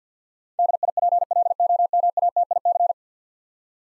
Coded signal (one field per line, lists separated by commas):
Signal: Morse code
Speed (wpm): 50 wpm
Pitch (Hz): 700 Hz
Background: none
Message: DIPLOMATIC